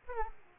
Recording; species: mosquito wingbeat signal from an infrared sensor; Aedes aegypti